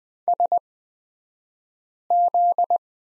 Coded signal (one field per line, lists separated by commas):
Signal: Morse code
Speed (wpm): 20 wpm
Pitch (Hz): 700 Hz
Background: none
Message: SZ